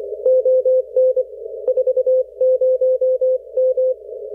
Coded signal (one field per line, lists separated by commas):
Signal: Morse code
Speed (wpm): 25 wpm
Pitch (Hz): 530 Hz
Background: none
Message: ON 40M